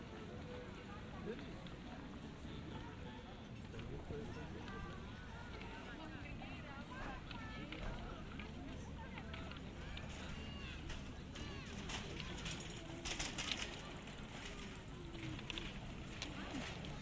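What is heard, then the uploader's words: A lively town square in the afternoon, dense overlapping chatter of many voices, steady throughout, with occasional clicks and a brief louder burst near thirteen seconds. Generative soundscape based on a two-dimensional random walk between four binaural soundscapes recorded in Piran (Slovenia). Lively atmosphere of Piazza Tartini, where people meet in the afternoon.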